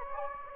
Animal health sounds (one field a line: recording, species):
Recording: mosquito wingbeat signal from an infrared sensor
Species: Anopheles gambiae